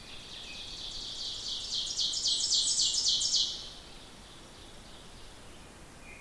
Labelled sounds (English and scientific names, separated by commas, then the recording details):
Ovenbird (Seiurus aurocapilla) song
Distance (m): 20 m
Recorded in boreal forest in Alberta, Canada, on 14 June 2016 at 06:21
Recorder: SongMeter 3, array SBT-3-33
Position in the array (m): 128 m, 35 m
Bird 21